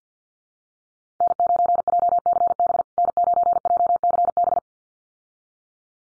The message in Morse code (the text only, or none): N9JCB N9JCB